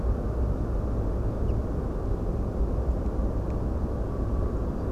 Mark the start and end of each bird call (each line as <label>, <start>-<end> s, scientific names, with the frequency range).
Fringilla coelebs (2.0-6.0 kHz), 1.48-1.52 s